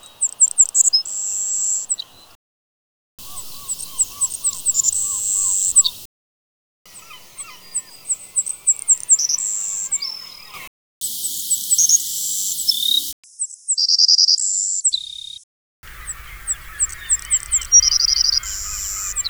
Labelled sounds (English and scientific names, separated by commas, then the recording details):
Savannah Sparrow (Passerculus sandwichensis) song
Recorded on Kent Island, New Brunswick, in 2004